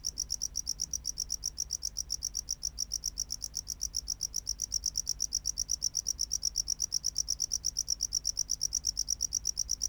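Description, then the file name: Tropical house cricket giving a continuous train of fast, high chirps over a low background hum. "Bio Acoustica Gryllodes sigillatus"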